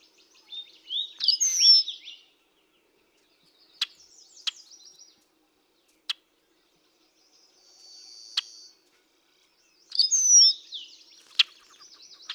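Rusty blackbird giving squeaky, creaking gurgled phrases at the start and end, separated by sharp single chack notes scattered through the quiet middle.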